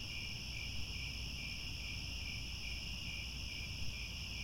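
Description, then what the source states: Cricket chorus as a continuous high shimmering trill in several layered bands, with steady low background rumble beneath. Cricket chorus recorded at twilight, as the sun sets.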